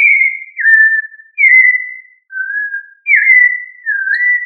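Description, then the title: Thrush song of clear, fluty whistled phrases, most dropping slightly in pitch, given in a run of about six notes with short pauses between them. "Familia Turdidae - Sabia"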